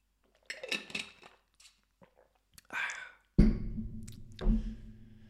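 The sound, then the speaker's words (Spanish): Someone takes a sip of water: soft rustles and faint sipping sounds, a light clink of a glass, then two heavy, dull thuds as it is set down. No one speaks. “Pero voy a responder a Lotir y voy a responder después de echar un traguito de agua. Porque llevo una hora aquí y tengo sed.”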